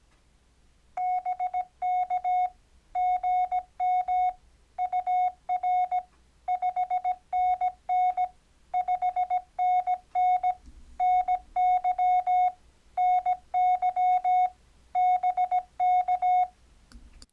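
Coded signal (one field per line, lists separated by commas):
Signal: Morse code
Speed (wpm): 17 wpm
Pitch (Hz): 730 Hz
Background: none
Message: BK GM UR 5NN 5NN NY NY BK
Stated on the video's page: Morse code exchange for Parks on the Air CW contacts: call sign, 599 and state, in a standard three-part sequence.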